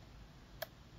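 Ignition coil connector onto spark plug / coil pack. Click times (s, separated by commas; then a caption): 0.6 s. An ignition coil connector is pushed back onto the spark plug and coil pack after a new NGK Iridium IX spark plug is fitted. A single sharp click is heard at 0.6 s over a quiet low background hum. The connector snaps in and is seated.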